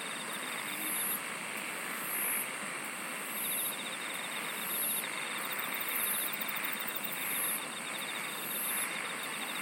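Insects singing in a dense chorus: high buzzy bursts repeat every second or so over a steady shrill hum, with a softer pulsing trill beneath and a constant hiss.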